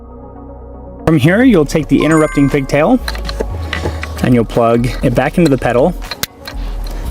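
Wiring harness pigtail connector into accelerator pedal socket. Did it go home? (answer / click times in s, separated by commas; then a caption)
yes / 6.5 s, 6.9 s. The interrupting pigtail connector of a Shadow E-Drive Advance 4S electronic throttle controller is plugged back into the accelerator pedal's electrical connector. Someone talks over a steady background hum. Sharp clicks at 6.5 s and 6.9 s mark the connector seating.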